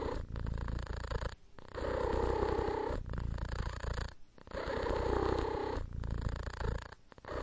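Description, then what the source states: Domestic cat purr, low and throbbing, rising in strong waves and dropping to brief pauses between breaths, several cycles across the recording. Deep purring cat.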